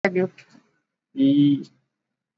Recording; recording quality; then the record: sustained vowel as in beet; excellent, no background noise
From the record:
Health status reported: exposed to COVID-19, no respiratory illness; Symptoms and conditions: cough, cold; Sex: male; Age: 30 years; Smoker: no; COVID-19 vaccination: both doses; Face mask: worn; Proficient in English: yes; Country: India